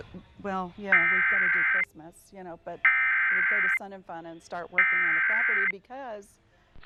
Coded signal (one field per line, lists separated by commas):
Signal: Emergency Alert System (SAME) tones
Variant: header bursts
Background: speech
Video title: WGCU DT4 EAS - Severe Thunderstorm Warning (June 23rd, 2023)